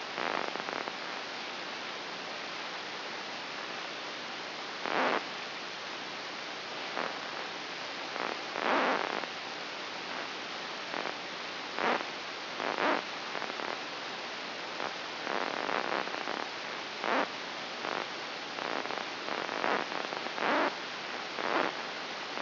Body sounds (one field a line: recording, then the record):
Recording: brain microelectrode recording played as sound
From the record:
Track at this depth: inside the subthalamic nucleus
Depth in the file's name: 6.931 mm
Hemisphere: right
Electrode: 2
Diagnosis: Parkinson's disease